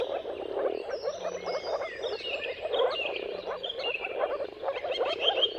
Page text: Jakub-Orzecki moor frogs. Depending on the weather at the turn of March and April, you can witness an amazing spectacle of moor frogs